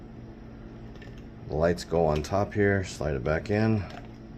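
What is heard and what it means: After repair, the internal motor and light assembly of a Philips Sonicare electric toothbrush is slid back into its plastic handle housing. A couple of faint handling ticks come near 1.0 s, then someone talks over the rest of the clip. Nothing has seated or clicked yet.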